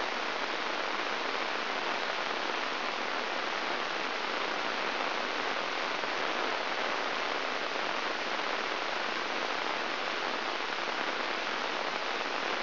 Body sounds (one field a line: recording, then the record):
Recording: brain microelectrode recording played as sound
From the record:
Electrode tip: inside the subthalamic nucleus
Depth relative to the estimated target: 2 mm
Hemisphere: right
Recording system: AlphaMap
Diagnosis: Parkinson's disease